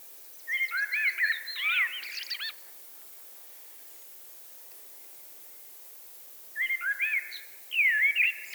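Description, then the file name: Eurasian blackbird song: two fluty, warbled phrases about four seconds apart, the first ending in squeaky twitters. "Turdus merula"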